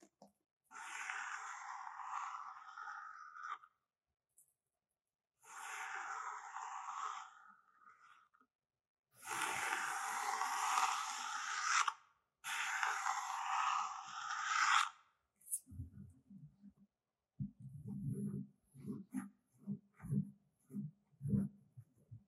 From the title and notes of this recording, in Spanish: Los sonidos de objetos siendo rasguñados con diferentes texturas. Escucharás los sonidos suaves de madera, vidrio, plástico y más.